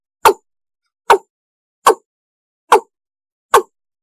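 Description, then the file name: Five single East Asian bullfrog croaks, short and hollow, repeated a little faster than one per second against silence. "tieng ga dong"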